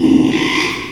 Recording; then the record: squeal of a Yucatan mini pig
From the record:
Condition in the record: after surgery on the right vocal fold (resection and tissue-engineered implant); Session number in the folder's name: 1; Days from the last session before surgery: 6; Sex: male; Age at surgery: 12 weeks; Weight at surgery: 13 kg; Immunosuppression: cyclosporine, prednisolone